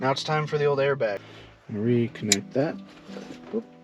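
Someone talks while preparing to reconnect the airbag electrical connector into the steering wheel airbag module on a Honda Fit during a clock spring replacement. Background music plays under the voice. The plastic connector is handled but has not yet snapped into place, and nothing has seated yet.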